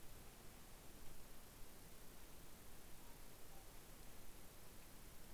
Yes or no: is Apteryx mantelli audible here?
no